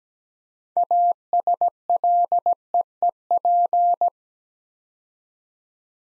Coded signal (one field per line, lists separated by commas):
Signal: Morse code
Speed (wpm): 17 wpm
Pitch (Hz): 700 Hz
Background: none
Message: ASLEEP